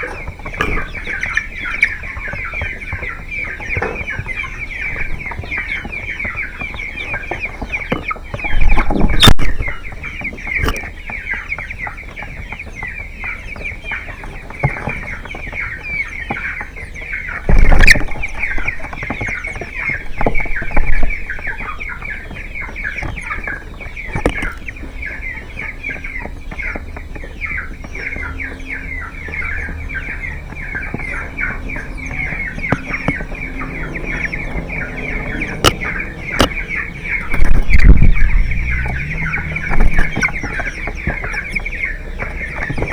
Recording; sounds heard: poultry house recording; background noise or bird activity such as feeding and pecking